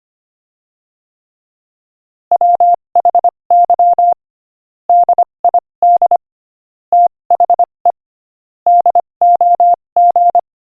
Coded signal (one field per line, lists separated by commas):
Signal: Morse code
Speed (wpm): 25 wpm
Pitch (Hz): 700 Hz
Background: none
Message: WHY DID THE DOG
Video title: Morse Code Practice: 25 wpm Joke #9